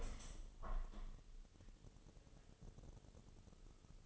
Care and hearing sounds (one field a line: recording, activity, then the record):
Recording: daily activity, microphone in the room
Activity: open window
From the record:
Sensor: 4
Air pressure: 1015.8 hPa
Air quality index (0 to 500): 86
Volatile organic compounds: 1 ppm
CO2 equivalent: 956 ppm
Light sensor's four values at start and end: 9/20/8/7 and 9/20/8/7